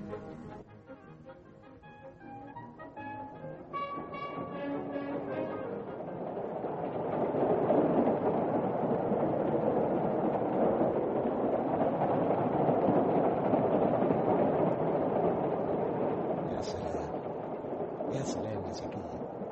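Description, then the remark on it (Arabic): A train rumbles steadily along the rails on a trip to Alexandria, a broad continuous roar that swells after a few seconds, with brief high squeals near the end and faint voices at the start. “والله والله مبسوط قوي ان انا وافقتك على الرحله دي. بقى لي زمان ما ركبتش قطر.”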